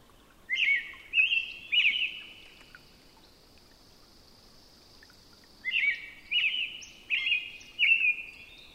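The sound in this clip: Robin song of three carolling whistled phrases, a silent gap of about three seconds, then another run of four similar phrases, against quiet background hiss.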